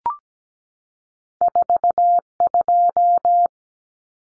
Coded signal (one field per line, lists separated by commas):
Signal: Morse code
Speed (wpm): 17 wpm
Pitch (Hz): 700 Hz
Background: none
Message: 42